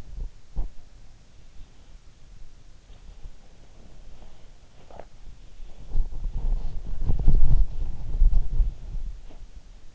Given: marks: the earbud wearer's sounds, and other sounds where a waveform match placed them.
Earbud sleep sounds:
sounds in sleep by an in-ear microphone; body movement, breath
0.00-0.75 s: body movement
1.54-2.22 s: breath
2.87-4.50 s: sound from someone else or the room
4.76-9.63 s: body movement

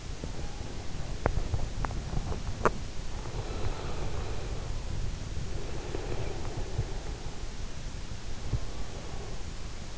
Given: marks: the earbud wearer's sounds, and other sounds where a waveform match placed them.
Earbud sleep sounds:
sounds in sleep by an in-ear microphone; teeth grinding, breath
0.00-2.88 s: teeth grinding
3.18-7.53 s: breath
8.31-9.77 s: breath

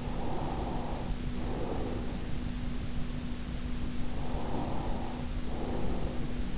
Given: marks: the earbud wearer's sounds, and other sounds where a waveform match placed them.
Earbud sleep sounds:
sounds in sleep by an in-ear microphone; breath
0.00-2.59 s: breath
3.97-6.58 s: breath

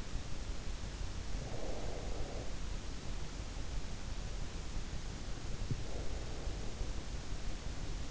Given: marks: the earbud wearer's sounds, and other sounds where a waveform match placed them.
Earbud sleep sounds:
sounds in sleep by an in-ear microphone; breath
1.16-2.50 s: breath
5.64-8.10 s: breath

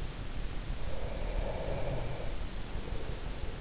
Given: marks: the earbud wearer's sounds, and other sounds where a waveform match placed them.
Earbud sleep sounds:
sounds in sleep by an in-ear microphone; breath
0.76-3.33 s: breath

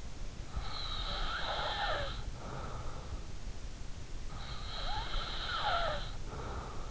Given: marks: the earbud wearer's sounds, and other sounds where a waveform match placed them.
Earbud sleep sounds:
sounds in sleep by an in-ear microphone; breath
0.40-3.15 s: breath
4.58-6.91 s: breath

